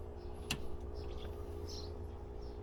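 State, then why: Seated. A gas strut's socket end is pushed onto its ball stud on the tailgate of a 2012 Mitsubishi Triton pickup. A single sharp snap rings out at 0.5 s over a steady low hum, and the strut end locks onto the stud.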